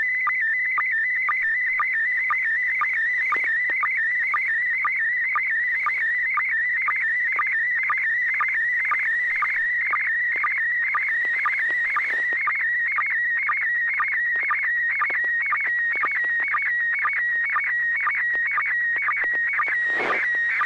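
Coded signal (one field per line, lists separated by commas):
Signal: SSTV (slow-scan television)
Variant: PD120 mode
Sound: continuous warbling tone with rapid pitch changes and a regular low blip twice a second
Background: low steady hum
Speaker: let's see bob if you're ready to transmit your photo um why don't you go right ahead okay uh this should be pd-120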